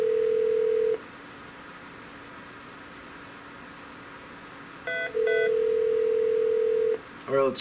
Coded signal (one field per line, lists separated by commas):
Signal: telephone call progress tone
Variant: North America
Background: speech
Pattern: ringback tone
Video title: Norstar Phreaking Part 8 - Transfer